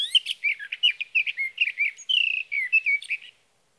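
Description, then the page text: Sage thrasher singing a fast, continuous warble of scratchy and whistled notes, with a sustained buzzy trill in the middle and no pauses. Male singing through the night near his night roost, Sierra Valley, California, June 12–15, 2018, evening to morning; recorded with a Swift recorder. "Sage thrasher songs, through the night. For three nights, from the evening of June 12 to the morning of June 15, 2018, in Sierra Valley, California, I placed a Swift recorder near a male's night roost."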